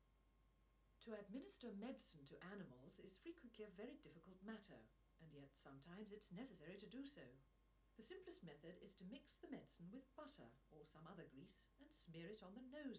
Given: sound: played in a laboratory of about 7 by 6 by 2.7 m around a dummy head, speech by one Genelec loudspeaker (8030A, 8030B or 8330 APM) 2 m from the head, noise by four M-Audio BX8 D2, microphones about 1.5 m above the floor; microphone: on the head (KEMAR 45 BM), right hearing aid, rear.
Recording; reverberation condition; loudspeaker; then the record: female speech in English; low; behind (180 degrees)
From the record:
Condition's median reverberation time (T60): about 310 ms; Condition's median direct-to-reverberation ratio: about 3.5 dB